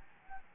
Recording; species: mosquito wingbeat signal from an infrared sensor; Aedes albopictus